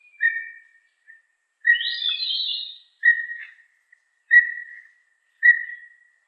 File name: cucak rumbai tungging